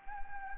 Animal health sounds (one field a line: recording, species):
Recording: mosquito wingbeat signal from an infrared sensor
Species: Anopheles gambiae